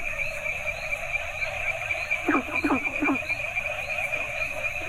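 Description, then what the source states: Frogs: a burst of several rasping downward croaks midway, with fainter croaks and a constant high trilling chorus behind. Several frog species calling together in Asia; chorus soundscape.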